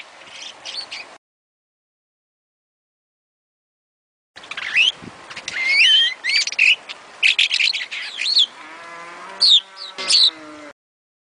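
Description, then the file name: Starling song: a short burst of chirps, a pause, then a rush of whistled, warbling notes and sharp chips, with a low harmonic droning sound near the end. "suara kicauan jalak afrika. omkicau"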